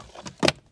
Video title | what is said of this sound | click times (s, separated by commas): How to; Honda Jazz POLLEN filter CABIN #honda #jazz #pollen #cabin | and push back until it clicks | 0.5 s